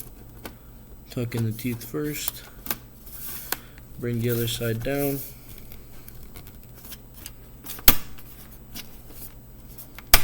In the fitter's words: make sure all these parts can click in and whatever doesn't click in it'll